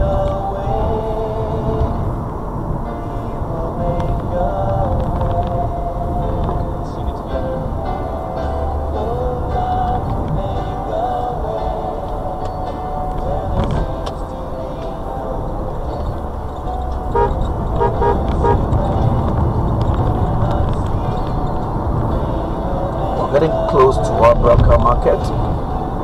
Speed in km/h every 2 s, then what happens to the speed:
74, 72, 71, 68, 68, 69, 71, 71, 74, 77, 81, 79, 76.
0-6 slows to 68. 6-14 steady at about 69. 14-19 speeds up to 81. 19-26 steady at about 79.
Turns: none.